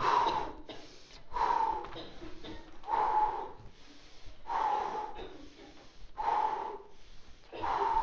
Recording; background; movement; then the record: deep breathing; a bystander coughing; walking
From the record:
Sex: male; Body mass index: 22.0 kg/m2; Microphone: on the chest, facing outward